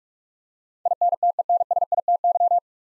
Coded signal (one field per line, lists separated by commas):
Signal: Morse code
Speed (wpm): 42 wpm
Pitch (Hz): 700 Hz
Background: none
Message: INTENSITY